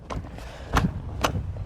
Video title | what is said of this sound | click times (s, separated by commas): Rear Facing Seat Belt Installation on Britax Marathon, Boulevard, and Advocate ClickTight | you're going to hear a clicking sound to let you know it's locked in place | 0.8 s, 1.2 s